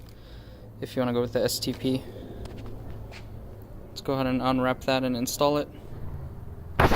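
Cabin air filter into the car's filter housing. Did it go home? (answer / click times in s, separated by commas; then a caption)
yes / 6.8 s. Someone talks, then a new cabin air filter is pushed into its plastic housing in a 2013 BMW X1/X3/X5. One sharp, loud snap is heard at 6.8 s as the filter seats in place.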